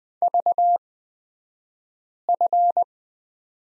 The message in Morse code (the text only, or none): VF